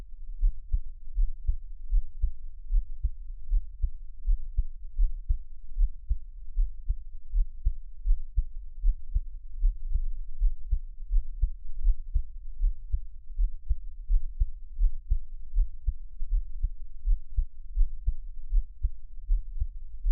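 Low, muffled heart thumps from an adult heart at roughly 79 a minute, with uneven spacing between some beats. The rhythm is broken by very frequent skipped beats, pauses where an expected beat drops out. There is no other sound.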